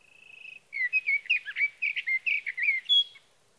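Sage thrasher song opening with a brief trilled note, then a quick, continuous string of warbled whistles for about two and a half seconds.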